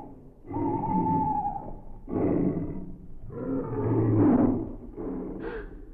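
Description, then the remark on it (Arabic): Wild beasts in a forest, woken by laughter, roar in four long, loud bursts, deep growling rumbles with rough, snarling upper tones that swell and overlap, with only brief gaps between them. No one speaks. “وإذا بهما يفاجآن بأعصار، ذلك أن ضحكاتهما أيقظت الوحوش الضارية، فأطلقت نعمة صرخة مدوية، فانطلقت الوحوش هائجة مائجة.”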